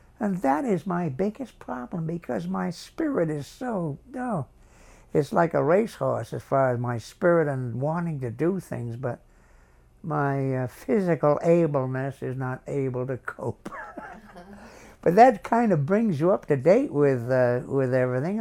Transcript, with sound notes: and that is my biggest problem, because my spirit is so—it's like a race horse as far as my spirit and wanting to do things, but my physical able-ness is not able to cope. (Laughs) But that kind of brings you up to date with everything.